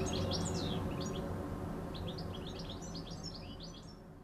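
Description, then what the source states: Bird song: rapid high chirps and twitters in two bursts, fading slightly toward the end, with low rumbling noise beneath. Recorded on an MZ-N 710 device, dated 26 06 14.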